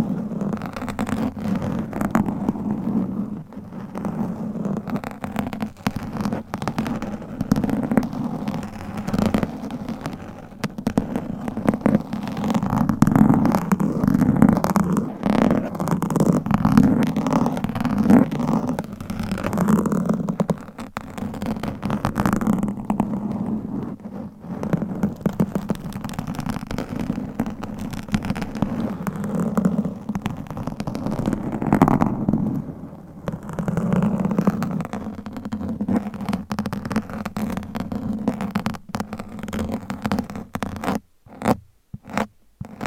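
Scratching on a microphone, layered into a dense, continuous rasp with a low hum running underneath. Strokes are fast and irregular, swelling and easing in waves without pause until a few sharp crackles and brief dropouts near the end.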